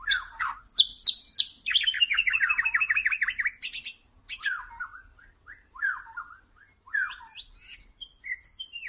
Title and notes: MB Pikat Jitu.. Suara Mantap. murai batu